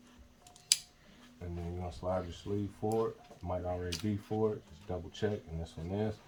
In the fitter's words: you want to hear it click